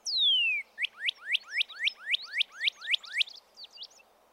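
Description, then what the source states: Northern Cardinal song: one clear downslurred whistle followed by a rapid series of rising slurred notes that trail off into softer fragments. Downslurred 'cheer' song, two examples; both males and females sing; heard throughout the year; begins with a downslurred phrase followed by repeated notes.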